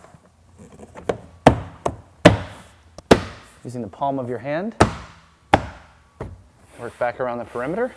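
A plastic trim panel is pressed onto a car body with the palm of the hand, pushing its retaining pins and clips into the body holes. Sharp knocks and slaps sound through the clip while someone talks, with the clips snapping into place at 1.5, 2.3 and 3.1 seconds. The panel ends up seated.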